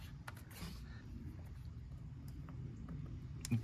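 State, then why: Not seated. An electrical connector is pushed back onto the ignition coil sitting over a spark plug of a Ford Expedition, against a low steady rumble with a few faint ticks and a sharper tap near 3.5 s. Nothing has clicked: the expected click is missed, even though the connector is in place.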